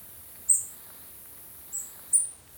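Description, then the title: Black-crested warbler calls: three sharp, very high thin chips, one alone then two close together, over quiet background hiss. "Myiothlypis Nigrocristata"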